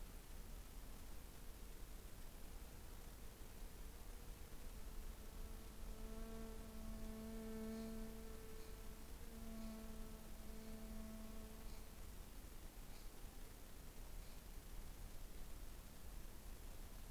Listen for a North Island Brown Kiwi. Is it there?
no